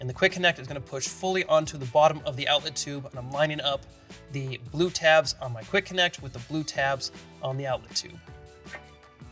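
A man talks over background music while lining up the blue tabs of the plastic quick-connect fitting on the pulldown hose with the blue tabs on the bottom of the outlet tube of a Delta single-handle pulldown bathroom faucet, ready to push it fully on. Nothing has seated or clicked yet.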